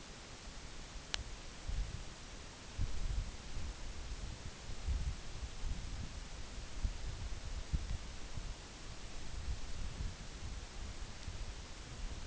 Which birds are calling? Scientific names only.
none